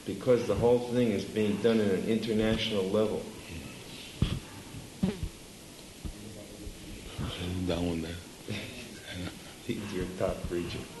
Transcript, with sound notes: because the whole thing is being done on an international level.
[laughing] He's your top preacher.